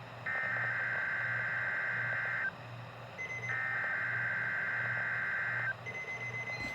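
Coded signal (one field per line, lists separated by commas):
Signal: Emergency Alert System (SAME) tones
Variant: header bursts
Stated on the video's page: Required Weekly Test relayed by two NOAA Weather Radio stations.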